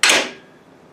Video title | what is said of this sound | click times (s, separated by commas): Evolution power tools. Chop saw and stand. Evolution 380 saw. | nice solid click | 0.0 s